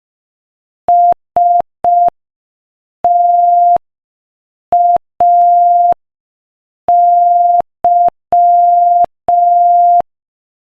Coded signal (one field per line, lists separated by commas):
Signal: Morse code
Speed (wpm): 5 wpm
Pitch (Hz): 700 Hz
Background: none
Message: STAY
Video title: Morse Code Practice: 5 wpm Inspirational Quote 1